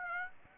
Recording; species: mosquito wingbeat signal from an infrared sensor; Aedes aegypti